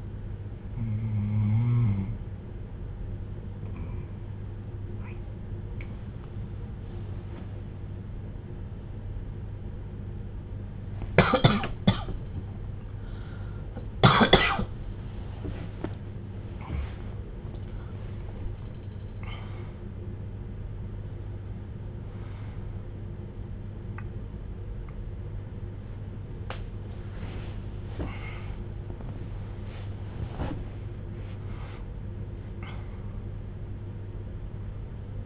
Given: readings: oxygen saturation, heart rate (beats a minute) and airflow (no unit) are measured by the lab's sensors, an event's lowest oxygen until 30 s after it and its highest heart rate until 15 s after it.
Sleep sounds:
a person awake in a sleep study, by a smartphone at the bedside; none
10.00-35.26 s: new sleep stage, awake
13.00-35.26 s: awake
From the record:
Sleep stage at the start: N3 (deep sleep); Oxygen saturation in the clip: 94 to 95%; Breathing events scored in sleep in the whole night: 310 in 8.1 hours asleep

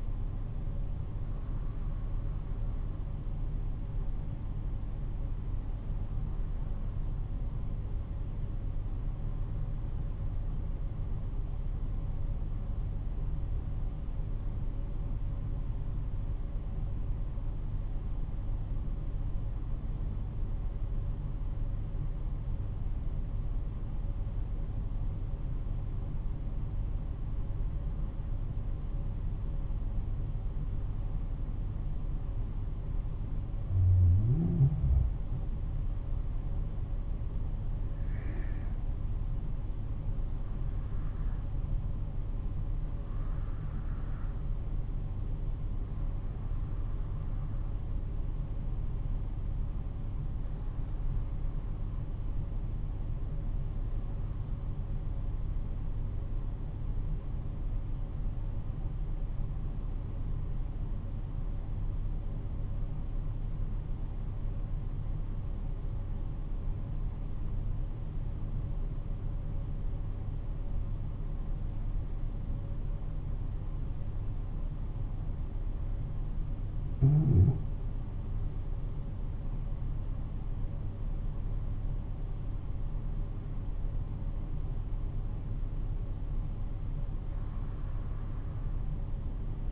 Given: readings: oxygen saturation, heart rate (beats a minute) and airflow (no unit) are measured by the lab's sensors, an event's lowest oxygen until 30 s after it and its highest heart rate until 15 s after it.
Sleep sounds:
breathing in sleep by a smartphone at the bedside; 2
11.00-35.70 s: hypopnea (N1, oxygen 95% highest, then 87% lowest, heart rate 50 at the start, 58 highest)
18.00-48.00 s: new sleep stage, N2 (light sleep)
48.00-78.00 s: new sleep stage, N1 (lightest sleep)
57.00-78.80 s: hypopnea (N1, oxygen 95% highest, then 88% lowest, heart rate 50 at the start, 58 highest)
78.00-89.72 s: new sleep stage, N2 (light sleep)
From the record:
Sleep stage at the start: N1 (lightest sleep); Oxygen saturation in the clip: 85 to 96%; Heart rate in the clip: 49 to 61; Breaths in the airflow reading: 15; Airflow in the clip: -8.2 to 9.9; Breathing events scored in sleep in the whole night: 388 in 6.5 hours asleep

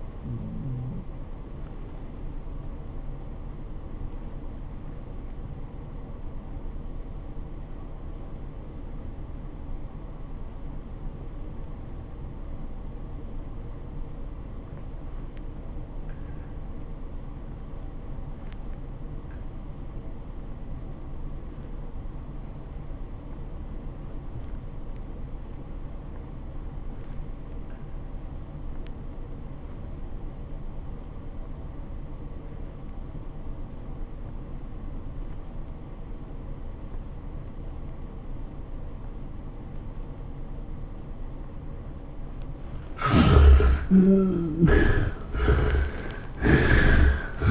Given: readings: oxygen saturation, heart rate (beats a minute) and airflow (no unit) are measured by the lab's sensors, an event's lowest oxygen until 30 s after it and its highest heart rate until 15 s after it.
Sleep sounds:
breathing in sleep by a smartphone at the bedside; 1
7.00-43.00 s: obstructive apnea (REM, oxygen 95% highest, then 53% lowest, heart rate 92 at the start, 114 highest)
From the record:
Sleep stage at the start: REM sleep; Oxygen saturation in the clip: 59 to 95%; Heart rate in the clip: 65 to 97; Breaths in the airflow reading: 4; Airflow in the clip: -15.3 to 12.8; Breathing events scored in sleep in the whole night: 403 in 5.5 hours asleep

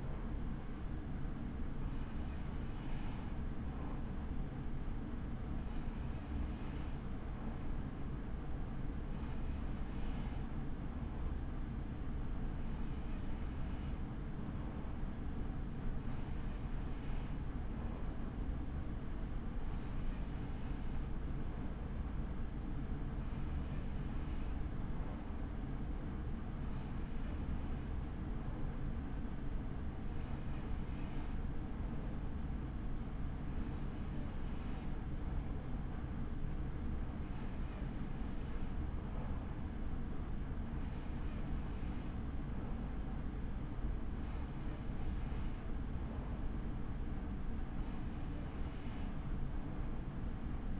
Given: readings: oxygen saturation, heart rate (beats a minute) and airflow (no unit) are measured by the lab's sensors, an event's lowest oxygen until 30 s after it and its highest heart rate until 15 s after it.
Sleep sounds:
breathing in sleep by a smartphone at the bedside; none
none scored
From the record:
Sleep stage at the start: N3 (deep sleep); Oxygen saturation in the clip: 94 to 95%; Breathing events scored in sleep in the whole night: 83 in 6.1 hours asleep

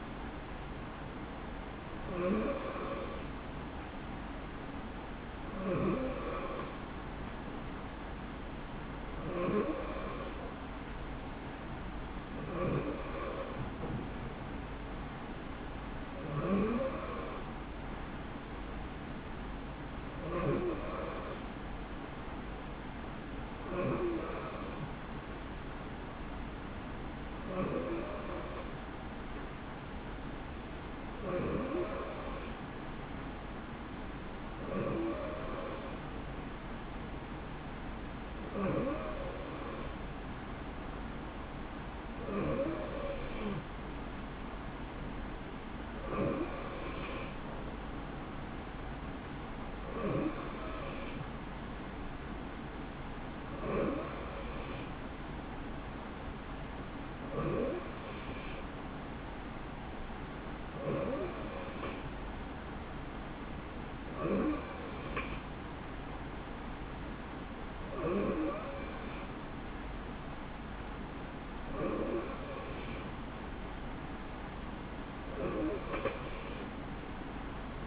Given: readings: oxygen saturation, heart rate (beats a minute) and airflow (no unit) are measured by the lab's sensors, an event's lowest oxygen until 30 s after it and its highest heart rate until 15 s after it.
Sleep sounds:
breathing in sleep by a voice recorder at the bedside; none
none scored
From the record:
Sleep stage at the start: N2 (light sleep); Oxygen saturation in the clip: 90 to 92%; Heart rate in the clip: 65 to 72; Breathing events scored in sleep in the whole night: 160 in 9.3 hours asleep

